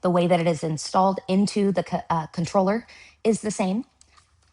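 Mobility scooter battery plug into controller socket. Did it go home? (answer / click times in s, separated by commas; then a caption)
no / none. A mobility scooter's lithium battery plug is handled at the controller socket on the Escape model while a woman talks. Faint handling sounds follow near the end, but nothing has seated or clicked yet.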